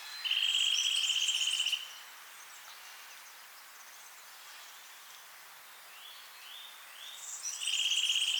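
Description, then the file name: Eurasian nuthatch giving a rapid, even trill near one pitch lasting over a second, a few short rising whistles in between, then the trill again at the end. "Sitta europaea"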